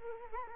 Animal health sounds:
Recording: mosquito wingbeat signal from an infrared sensor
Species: Culex quinquefasciatus

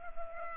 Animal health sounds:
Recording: mosquito wingbeat signal from an infrared sensor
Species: Culex pipiens

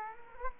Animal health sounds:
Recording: mosquito wingbeat signal from an infrared sensor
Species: Culex quinquefasciatus

